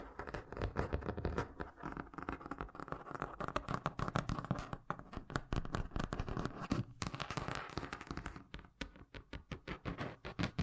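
Fast tapping runs through the whole stretch, a dense, slightly uneven stream of short knocks with hollow, thunky hits. The rhythm is quick and fairly continuous, with brief gaps near five and seven seconds, and bursts of sharper, brighter taps scattered throughout.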